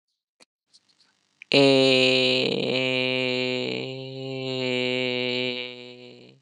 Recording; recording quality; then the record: sustained vowel as in made; excellent, no background noise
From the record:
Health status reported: healthy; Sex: male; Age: 28 years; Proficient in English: yes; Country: India